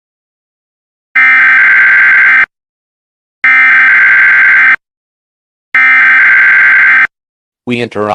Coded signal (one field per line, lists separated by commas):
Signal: Emergency Alert System (SAME) tones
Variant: header bursts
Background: speech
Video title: EAS Scenario #1 - The Devils Soundwaves